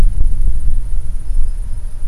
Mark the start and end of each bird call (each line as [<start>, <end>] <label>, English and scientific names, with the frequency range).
[1.25, 1.98] Common Sandpiper (Actitis hypoleucos) (4.6-5.5 kHz)